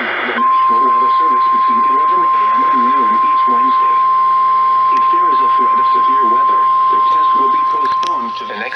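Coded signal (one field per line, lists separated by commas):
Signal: Emergency Alert System (SAME) tones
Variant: 1050 Hz attention tone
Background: speech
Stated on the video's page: EAS tones from a compilation of West Coast station alerts and tests during June 2020.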